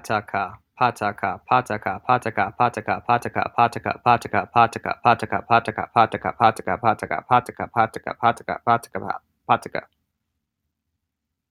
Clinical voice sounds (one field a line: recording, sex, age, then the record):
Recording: repeated syllables /pa ta ka/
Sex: male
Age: 20 to 29 years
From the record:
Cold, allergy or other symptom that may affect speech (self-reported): no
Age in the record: 28 years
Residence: Wisconsin, United States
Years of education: 12